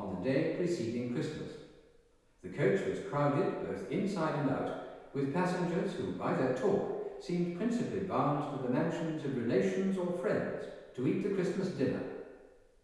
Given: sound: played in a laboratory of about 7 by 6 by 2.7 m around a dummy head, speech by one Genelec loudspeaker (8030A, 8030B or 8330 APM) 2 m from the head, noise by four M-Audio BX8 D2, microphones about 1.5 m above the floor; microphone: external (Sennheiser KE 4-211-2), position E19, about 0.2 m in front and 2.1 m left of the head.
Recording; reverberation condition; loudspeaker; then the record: male speech in English; high; 60 degrees to the right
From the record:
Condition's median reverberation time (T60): about 1300 ms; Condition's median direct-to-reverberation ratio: about -4.0 dB